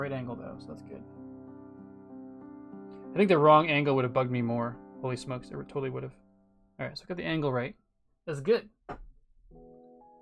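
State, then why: Seated. A plastic building-set brick piece is pressed into place on a LEGO Vespa (10298) scooter model while someone talks over soft background music. The piece seats with one sharp, satisfying click at 8.9 seconds.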